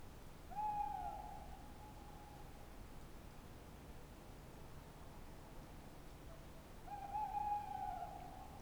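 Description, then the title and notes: Tawny owl, two long, steady, faintly quavering hoots about six seconds apart over a low, hushed night background. Tawny owl on the wooded banks of the Dordogne near Limeuil, Alles-sur-Dordogne, France, on a starry night at the end of the Cadouin festival; recorded on Sonosax SX-R4+ with DPA 4022 microphones. "314 Rte des Galets, 24005 Alles-sur-Dordogne, France - Chouette de Limeuil. Magnifique chouette hulotte en bord de Dordogne dans l'acoustique boisé de cette belle nuit étoilée! Fin du festival de Cadouin Les Rencontres du Réel"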